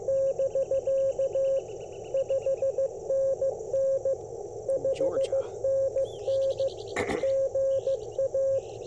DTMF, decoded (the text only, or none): none